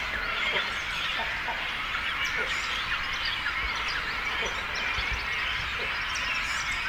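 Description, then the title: Many cormorants calling together in a continuous, busy chatter, with short sharp clicks and notes scattered through it. Breeding colony of cormorants with chicks at Zemitz, Germany. "XRHJ+R8 Zemitz, Deutschland - Kormorane brüten (mit Jungvögeln). breeding cormorants (with children)"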